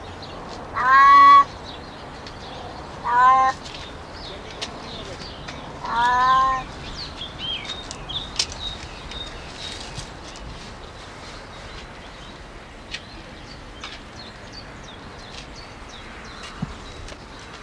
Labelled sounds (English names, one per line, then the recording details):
Wildcat call
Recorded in captivity
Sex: female
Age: adult
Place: Zoo Halle, Sachsen-Anhalt, DE
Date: 1993-04-24 10:33
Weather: fair, 21-22 °C
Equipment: Sony WM-D6C, Sony ECM-939 LT, Kopie Uher Variocord 263
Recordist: Tembrock, Günter
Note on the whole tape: Weibchen: Langlaute. Abstand: 1 m